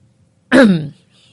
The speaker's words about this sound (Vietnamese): Nó hắng giọng vài cái rồi sau đó nói.